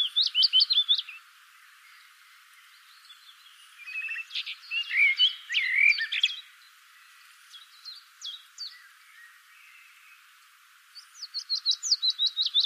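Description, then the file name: Common blackbird: quick bursts of high chirps at start and end, with scratchy warbled phrases between and quiet gaps. "Turdus merula"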